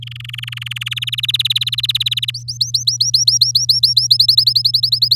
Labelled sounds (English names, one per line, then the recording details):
Domestic Canary song
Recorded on 7 May 2018 at 07:54
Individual llb16